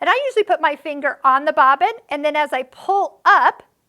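Someone talks while threading a Husqvarna Viking EPIC 2 sewing machine, holding a finger on the bobbin and pulling the bobbin thread up toward the bobbin-case tension groove. Only speech is heard; the thread has not yet clicked into the tension groove.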